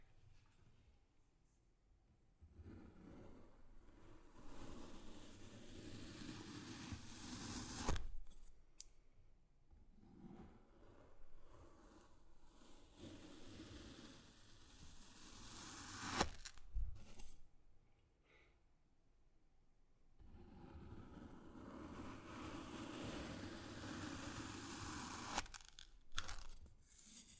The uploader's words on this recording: 切動力沙｜Kinetic Sand.